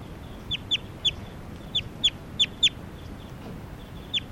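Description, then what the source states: Crossbill calls: sharp, high clipped chips, several notes spread across a few seconds over steady low noise. Newly captured bird number 387, recorded on May 3rd at Sage Hen.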